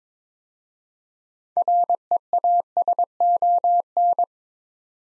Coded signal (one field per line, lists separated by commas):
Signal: Morse code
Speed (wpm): 23 wpm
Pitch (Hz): 700 Hz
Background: none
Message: REASON